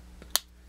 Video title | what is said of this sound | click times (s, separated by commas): victorinox gold alox castaway, swissbianco limited edition sak | until it snaps | 0.4 s